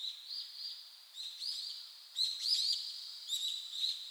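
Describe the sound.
Bird chirps, scattered high twitters and a few clear whistled notes over a steady thin high background.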